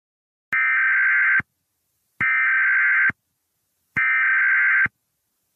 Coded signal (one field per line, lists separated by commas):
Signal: Emergency Alert System (SAME) tones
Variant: header bursts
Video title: EAS scenario: Yellowstone eruption (parts 1&2)